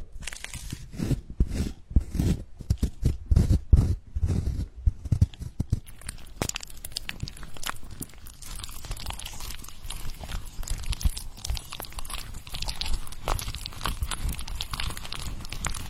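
Tapping and smearing sounds of a massage, with a tearing, crinkling texture throughout. The first six seconds bring a run of loud, thumping taps with deep low bursts. After that the sound settles into a denser, softer bed of rubbing and scraping with scattered sharp ticks.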